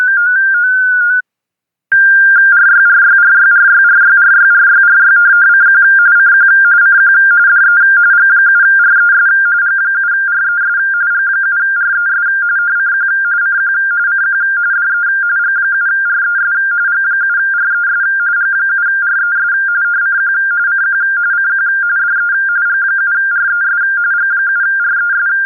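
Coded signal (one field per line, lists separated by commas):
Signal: RTTY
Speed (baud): 45.45 baud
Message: RYRYRYRYRYRYRYRYCQ CQ CQ DE G7RES G7RES G7RES CQ CQ CQ DE G7RES G7RES G7RES CQ CQ CQ DE G7RES G7RES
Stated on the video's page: Data modes received on 20 meters.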